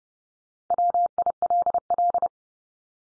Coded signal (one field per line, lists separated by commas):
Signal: Morse code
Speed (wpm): 29 wpm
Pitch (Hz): 700 Hz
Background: none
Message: WILL